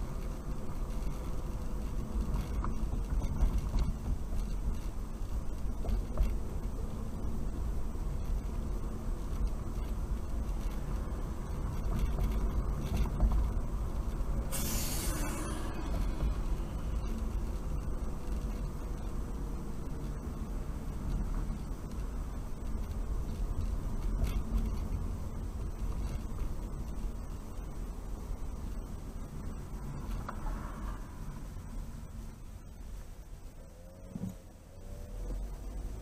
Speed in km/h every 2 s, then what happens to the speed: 37, 34, 31, 34, 35, 35, 39, 39, 37, 32, 31, 32, 32, 31, 27, 16, 6, 6.
0-4 slows to 31. 4-12 speeds up to 39. 12-20 slows to 31. 20-25 steady at about 32. 25-32 brakes to 6.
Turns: none.